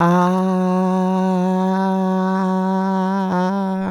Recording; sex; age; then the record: sustained vowel /a/; female; 60 to 69 years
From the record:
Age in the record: 66 years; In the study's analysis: included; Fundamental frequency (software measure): 186 Hz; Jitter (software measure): 0.35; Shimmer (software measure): 0.56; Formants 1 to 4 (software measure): 848 Hz, 1450 Hz, 2781 Hz, 3592 Hz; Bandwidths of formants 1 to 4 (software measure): 249 Hz, 295 Hz, 248 Hz, 243 Hz